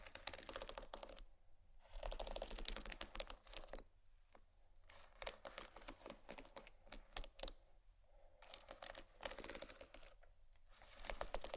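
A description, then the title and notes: Scratching on bumpy items comes in rough, clicky bursts that start and stop irregularly, separated by short near-silent gaps, with a low steady hum underneath. ASMR Scratching Bumpy Items No Talking Rode Mics.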